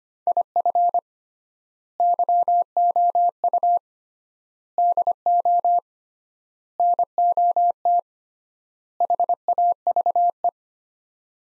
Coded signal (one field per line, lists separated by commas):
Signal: Morse code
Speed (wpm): 25 wpm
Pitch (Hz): 700 Hz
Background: none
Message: IF YOU DO NOT HAVE